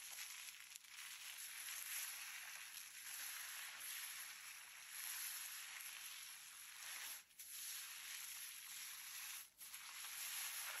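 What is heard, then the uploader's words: Dense scratching and rubbing on the scalp, like fingers or a brush working through hair, runs almost without pause. The sound is bright and crackly with little low end, holding steady except for brief gaps near seven and nine and a half seconds. Hair wash hair brushing scalp scratch head massage (no talking).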